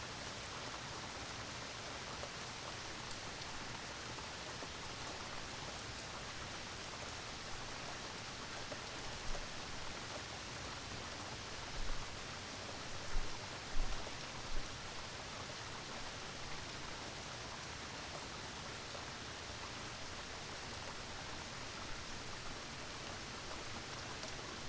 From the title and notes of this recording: A mild rainstorm. Recorded on a zoom h1n.